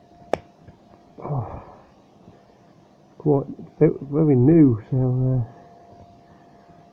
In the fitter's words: you can hear it snap in there, but that